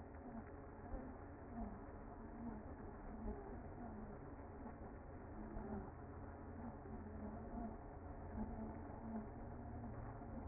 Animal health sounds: honeybee colony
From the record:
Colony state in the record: active

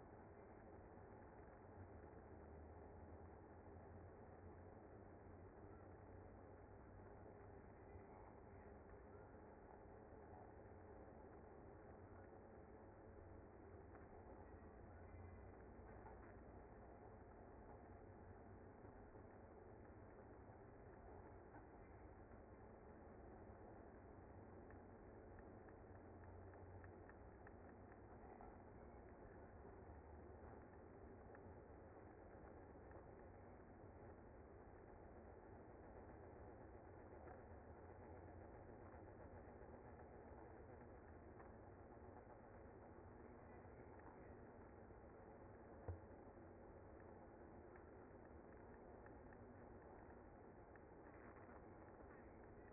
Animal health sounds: honeybee colony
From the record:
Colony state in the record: active

